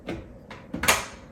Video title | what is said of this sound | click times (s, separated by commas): Unboxing Samsung Odyssey G3 Gaming Monitor | and just have it click into place | 0.8 s